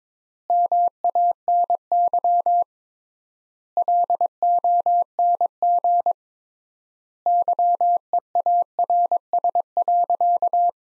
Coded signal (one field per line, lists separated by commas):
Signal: Morse code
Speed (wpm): 22 wpm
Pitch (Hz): 700 Hz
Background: none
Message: MANY LONG YEARS.